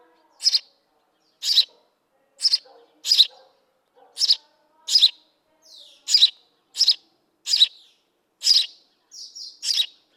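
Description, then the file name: House sparrow giving emphatic chirps about once a second, with faint softer notes in the background. "Passer domesticus"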